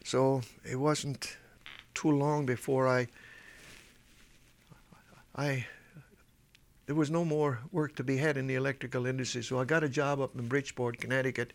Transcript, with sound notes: So it wasn't too long before I, (he pauses) there was no more work to be had in the electrical industry. So I got a job up in Bridgeport, Connecticut